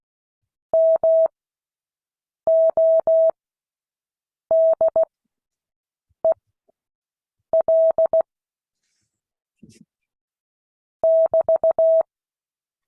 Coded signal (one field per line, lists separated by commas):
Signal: Morse code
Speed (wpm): 16 wpm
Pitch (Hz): 650 Hz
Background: none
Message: MODEL <BT>